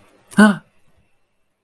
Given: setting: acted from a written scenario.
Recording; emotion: vocal sound without words; negative surprise